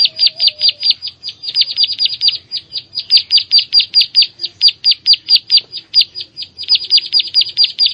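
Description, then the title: Prinia singing a rapid series of bright, high, clipped notes, some uneven spacing and short doubled notes, with a faint low whistle at the start. "Ciblek Sawah"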